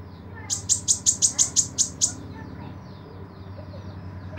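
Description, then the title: Small bird giving a quick run of several very high, sharp ticking notes, then fainter twittering over a low hum. "Burung Kecil"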